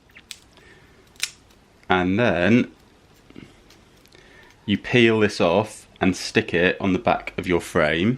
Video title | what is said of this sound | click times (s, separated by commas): BEDROOM MAKEOVER UK 2018 - BEDROOM MAKEOVER ON A BUDGET | self-adhesive backing and you listen for that click and then you know they've sealed together and then | 0.3 s, 1.2 s